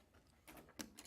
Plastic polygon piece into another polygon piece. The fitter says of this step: you go you hear that snap yes